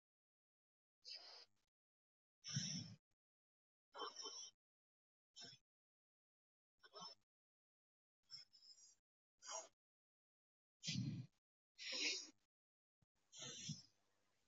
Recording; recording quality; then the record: deep breathing; moderate, slight background noise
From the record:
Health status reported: healthy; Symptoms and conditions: none ticked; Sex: male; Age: 22 years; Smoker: not ticked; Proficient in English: yes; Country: India